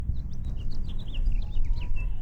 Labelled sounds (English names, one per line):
House Finch song